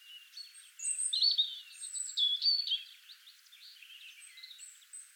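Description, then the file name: European robin song, a run of high, thin, warbling phrases with quick liquid twitters and sliding whistles, loudest in the first half, then softer fragments. "Erithacus rubecula"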